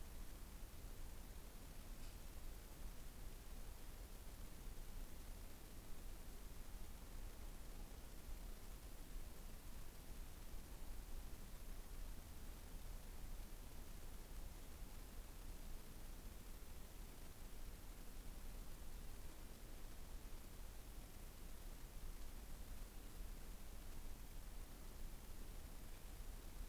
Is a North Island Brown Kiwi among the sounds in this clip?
no